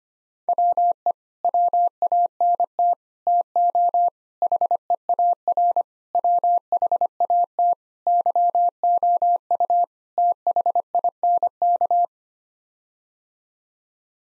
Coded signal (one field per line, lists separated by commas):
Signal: Morse code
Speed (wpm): 25 wpm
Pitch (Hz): 700 Hz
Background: none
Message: WE WANT TO HEAR WHAT YOU THINK